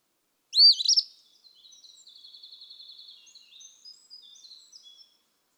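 Eastern phoebe singing one rasping two-part phrase, followed by faint high buzzy sounds for several seconds and the start of another phrase at the end.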